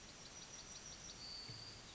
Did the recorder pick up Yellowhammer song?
yes